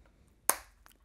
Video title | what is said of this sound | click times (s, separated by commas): Évaluation des panneaux hexagonaux intelligents à effets dynamiques Cync de GE | Voilà. Entrée bien en place. Il faut que ça fasse le petit clic. Je ne sais pas si vous l'avez entendu. | 0.5 s